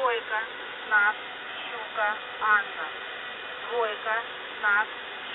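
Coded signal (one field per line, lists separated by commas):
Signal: channel marker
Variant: The Squeaky Wheel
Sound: repeated short squeaky two-note chirps over steady radio hiss, roughly ten in five seconds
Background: radio static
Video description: "The Squeaky Wheel" is a Russian military radiostation that broadcasts on 5367 kHz at daytime and on 3363.5 kHz at nighttime.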